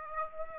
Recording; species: mosquito wingbeat signal from an infrared sensor; Aedes aegypti